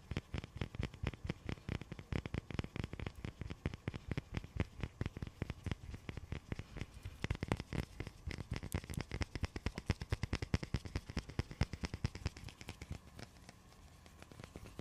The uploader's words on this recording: ASMR icy frozen triggers // tapping and scratching.